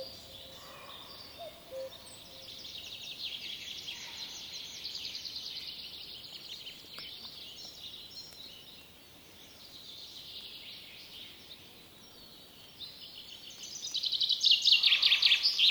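An outdoor ambience of birds, with many small calls and chirps blending into a steady high chorus. The twittering swells and thins through the middle, and around fourteen seconds a louder bird bursts into rapid bright song over soft background noise.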